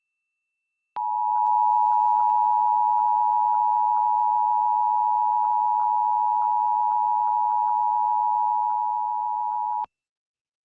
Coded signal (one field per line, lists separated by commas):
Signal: Emergency Alert System (SAME) tones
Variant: 853 and 960 Hz attention tone